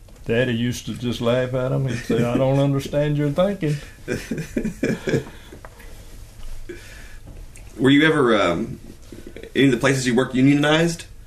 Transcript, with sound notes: Daddy used to just laugh at them, he’d say I don’t understand your thinking [laughter]
Were you ever…any of the places you worked unionized?